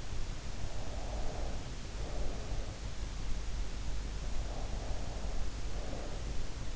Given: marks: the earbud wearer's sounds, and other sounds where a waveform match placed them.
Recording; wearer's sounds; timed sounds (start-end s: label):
sounds in sleep by an in-ear microphone; breath
0.69-2.67 s: breath
4.30-6.37 s: breath